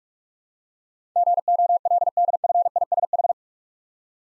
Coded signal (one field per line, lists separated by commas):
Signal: Morse code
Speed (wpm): 44 wpm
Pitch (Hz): 700 Hz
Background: none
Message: GOLDFISH